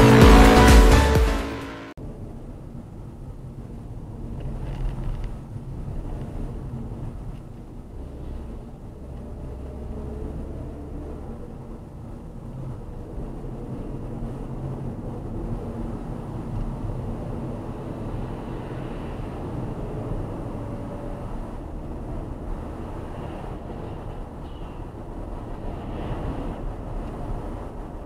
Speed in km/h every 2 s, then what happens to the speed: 31, 33, 34, 36, 42, 42, 47, 49, 53, 57, 59, 60, 62, 60.
0-21 speeds up to 60.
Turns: none.